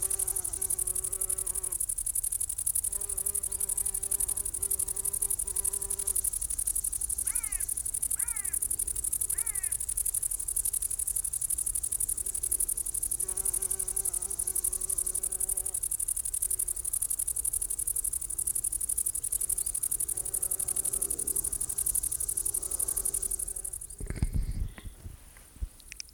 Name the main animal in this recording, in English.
Great Green Bush-cricket